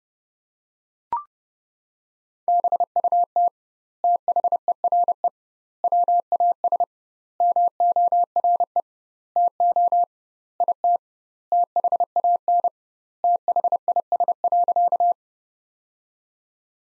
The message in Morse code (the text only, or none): BUT THERE WAS MORE TO IT THAN THIS.